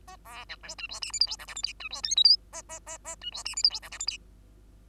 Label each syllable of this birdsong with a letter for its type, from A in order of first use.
A B C D E F G H I J K L M N E F O P Q A A A A E F G H I J K L M N